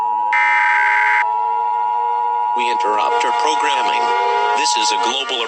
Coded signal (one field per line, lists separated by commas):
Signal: Emergency Alert System (SAME) tones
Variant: 853 and 960 Hz attention tone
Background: speech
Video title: Eas scenario: Saturn devours Earth